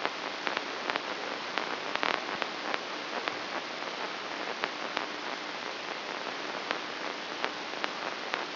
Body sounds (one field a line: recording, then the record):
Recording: brain microelectrode recording played as sound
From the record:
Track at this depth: inside the subthalamic nucleus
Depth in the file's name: 5.263 mm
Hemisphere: left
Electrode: 3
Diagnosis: Parkinson's disease